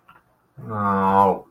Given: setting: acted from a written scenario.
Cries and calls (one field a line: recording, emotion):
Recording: vocal sound without words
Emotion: disappointment